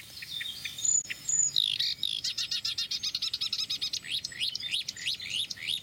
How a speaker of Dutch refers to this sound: Zwartkop weer. Boerenzwaluw. Oeverzwaluw.